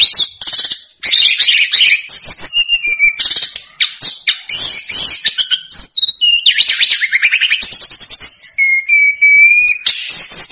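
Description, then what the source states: Snowy-browed flycatcher delivering a long, busy medley of high piercing whistles, buzzy trills and rattling notes, with a steady thin whistled tone late on. Masteran song for training cage birds.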